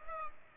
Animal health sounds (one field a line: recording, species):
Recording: mosquito wingbeat signal from an infrared sensor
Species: Culex pipiens